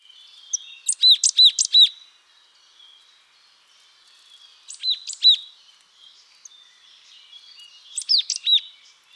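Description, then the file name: Marsh tit calls: three quick bursts of sharp, high chipping notes with repeated downslurred whistles, each burst separated by a few seconds of quiet. "Poecile palustris"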